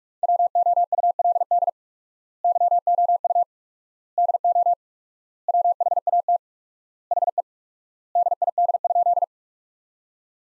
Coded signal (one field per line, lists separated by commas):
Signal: Morse code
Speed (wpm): 46 wpm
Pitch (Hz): 700 Hz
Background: none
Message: WOULD YOU DO WHAT HE DID?